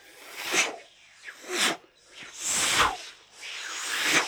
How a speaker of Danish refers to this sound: Høje råb og skrig betød, at de var blevet opdaget, og pile begyndte at regne ned over dem.